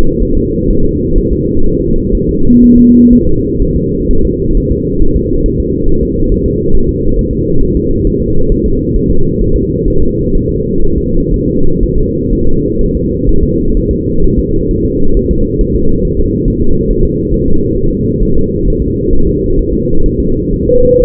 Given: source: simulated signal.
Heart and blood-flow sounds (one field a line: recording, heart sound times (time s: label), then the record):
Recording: fetal heart sounds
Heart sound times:
0.23 s: S1
0.37 s: S2
0.70 s: S1
0.85 s: S2
1.18 s: S1
1.32 s: S2
1.66 s: S1
1.80 s: S2
2.15 s: S1
2.29 s: S2
2.64 s: S1
2.78 s: S2
3.13 s: S1
3.27 s: S2
3.62 s: S1
3.77 s: S2
4.11 s: S1
4.25 s: S2
4.57 s: S1
4.71 s: S2
5.02 s: S1
5.16 s: S2
5.46 s: S1
5.60 s: S2
5.89 s: S1
6.03 s: S2
6.32 s: S1
6.46 s: S2
6.75 s: S1
6.89 s: S2
7.19 s: S1
7.33 s: S2
7.63 s: S1
7.77 s: S2
8.07 s: S1
8.21 s: S2
8.52 s: S1
8.66 s: S2
8.96 s: S1
9.11 s: S2
9.42 s: S1
9.56 s: S2
9.88 s: S1
10.02 s: S2
10.35 s: S1
10.49 s: S2
10.84 s: S1
10.98 s: S2
11.34 s: S1
11.48 s: S2
11.83 s: S1
11.98 s: S2
12.33 s: S1
12.47 s: S2
12.81 s: S1
12.95 s: S2
13.29 s: S1
13.43 s: S2
13.77 s: S1
13.91 s: S2
14.24 s: S1
14.38 s: S2
14.71 s: S1
14.85 s: S2
15.17 s: S1
15.31 s: S2
15.61 s: S1
15.76 s: S2
16.05 s: S1
16.19 s: S2
16.48 s: S1
16.62 s: S2
16.91 s: S1
17.05 s: S2
17.34 s: S1
17.48 s: S2
17.78 s: S1
17.92 s: S2
18.23 s: S1
18.37 s: S2
18.68 s: S1
18.82 s: S2
19.13 s: S1
19.27 s: S2
19.59 s: S1
19.73 s: S2
20.06 s: S1
20.20 s: S2
20.53 s: S1
20.68 s: S2
21.02 s: S1
From the record:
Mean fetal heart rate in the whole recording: 130 bpm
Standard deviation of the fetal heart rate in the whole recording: 4 bpm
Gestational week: 38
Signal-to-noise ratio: -19.1 dB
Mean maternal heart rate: 72 bpm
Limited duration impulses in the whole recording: present